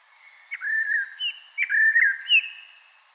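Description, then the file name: Common blackbird singing two mellow, whistled phrases, each starting with a sharp click and ending in a higher thin twitter. "Turdus merula"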